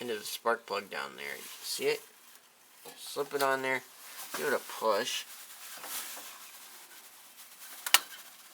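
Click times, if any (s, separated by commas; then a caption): 7.9 s. Someone talks while a spark plug wire boot is slipped over the end of a lawn tractor's spark plug and pushed on. A sharp click sounds at 7.9 s, meaning the boot is seated on the plug.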